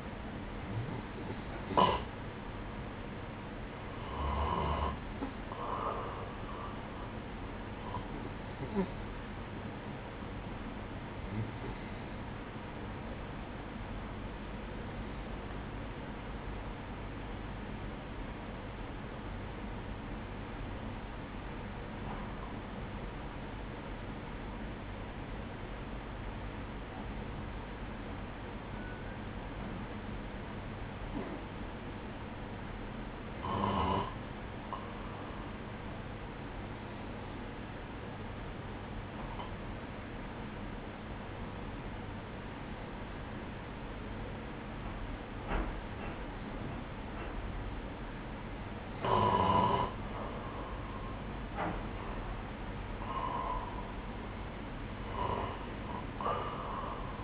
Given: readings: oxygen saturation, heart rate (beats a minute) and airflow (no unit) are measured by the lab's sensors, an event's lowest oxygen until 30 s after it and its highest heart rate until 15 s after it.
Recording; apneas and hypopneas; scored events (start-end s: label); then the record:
breathing in sleep by a voice recorder at the bedside; 1
14.00-33.80 s: hypopnea (N3, oxygen 96% highest, then 92% lowest, heart rate 65 at the start, 65 highest)
From the record:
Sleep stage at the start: N3 (deep sleep); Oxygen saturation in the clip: 92 to 96%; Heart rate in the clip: 61 to 72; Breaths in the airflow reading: 15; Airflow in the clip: -10.1 to 9.4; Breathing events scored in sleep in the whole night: 180 in 6.7 hours asleep